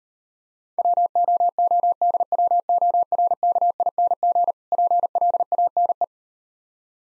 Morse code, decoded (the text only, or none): WOODWORKING PLANE